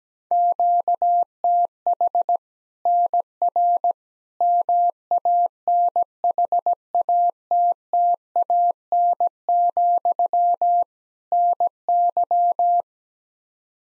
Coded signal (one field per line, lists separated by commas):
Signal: Morse code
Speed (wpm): 17 wpm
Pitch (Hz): 700 Hz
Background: none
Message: QTH NR MANHATTAN, NY